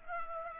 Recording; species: mosquito wingbeat signal from an infrared sensor; Culex pipiens